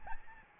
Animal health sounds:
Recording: mosquito wingbeat signal from an infrared sensor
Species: Aedes albopictus

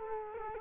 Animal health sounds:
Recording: mosquito wingbeat signal from an infrared sensor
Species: Culex quinquefasciatus

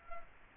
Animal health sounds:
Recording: mosquito wingbeat signal from an infrared sensor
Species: Culex quinquefasciatus

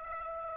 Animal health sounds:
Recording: mosquito wingbeat signal from an infrared sensor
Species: Aedes aegypti

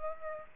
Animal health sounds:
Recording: mosquito wingbeat signal from an infrared sensor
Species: Aedes aegypti

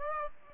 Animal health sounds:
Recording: mosquito wingbeat signal from an infrared sensor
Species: Aedes aegypti

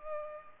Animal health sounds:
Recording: mosquito wingbeat signal from an infrared sensor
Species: Culex pipiens

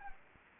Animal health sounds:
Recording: mosquito wingbeat signal from an infrared sensor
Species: Anopheles gambiae

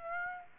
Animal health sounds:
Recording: mosquito wingbeat signal from an infrared sensor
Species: Aedes aegypti

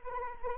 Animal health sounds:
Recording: mosquito wingbeat signal from an infrared sensor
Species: Anopheles arabiensis

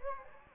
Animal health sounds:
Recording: mosquito wingbeat signal from an infrared sensor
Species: Anopheles gambiae

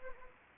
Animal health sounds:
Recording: mosquito wingbeat signal from an infrared sensor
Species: Anopheles gambiae

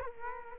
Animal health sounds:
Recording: mosquito wingbeat signal from an infrared sensor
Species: Culex quinquefasciatus

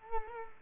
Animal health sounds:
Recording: mosquito wingbeat signal from an infrared sensor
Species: Culex quinquefasciatus

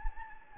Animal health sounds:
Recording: mosquito wingbeat signal from an infrared sensor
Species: Anopheles gambiae

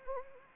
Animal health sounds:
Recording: mosquito wingbeat signal from an infrared sensor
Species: Anopheles arabiensis

